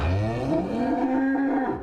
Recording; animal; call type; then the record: contact call of a hoofed animal; cattle; low-frequency (closed-mouth) or high-frequency (open-mouth) call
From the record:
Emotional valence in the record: negative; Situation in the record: full separation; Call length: 1.83 s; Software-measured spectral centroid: 1060 Hz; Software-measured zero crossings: 840 a second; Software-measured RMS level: -24 dBFS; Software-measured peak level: -13 dBFS